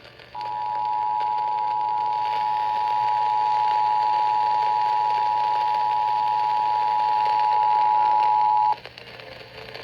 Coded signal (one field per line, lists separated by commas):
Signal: Emergency Alert System (SAME) tones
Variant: 853 and 960 Hz attention tone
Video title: CHS FFW Extension | EAS #147